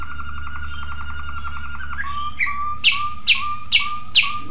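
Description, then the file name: Waterslager canary song: a soft rolling trill shifts into five clear, evenly spaced dripping notes, each falling sharply in pitch, over a low background hum. Song variations of a Waterslager canary. "variasi suara kenari waterslager"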